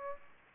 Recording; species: mosquito wingbeat signal from an infrared sensor; Aedes aegypti